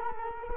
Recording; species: mosquito wingbeat signal from an infrared sensor; Culex quinquefasciatus